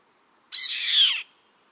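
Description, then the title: Yellow-headed Caracara gives a single harsh, hissing screech lasting under a second, broad and raspy, slightly falling at the end, in otherwise silent surroundings. "LuckyPassaro Completos2Sama. Yellow-headed Caracara (Milvago chimachima)"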